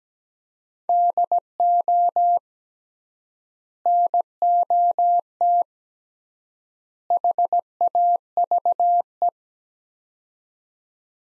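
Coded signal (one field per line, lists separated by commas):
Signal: Morse code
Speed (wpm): 17 wpm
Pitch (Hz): 700 Hz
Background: none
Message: DO NOT HAVE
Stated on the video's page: Morse practice of three-word sets at 17 wpm with 3x word spacing, Farnsworth-like; each sent, then spoken, then sent again.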